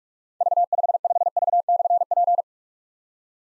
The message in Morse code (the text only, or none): V55V/P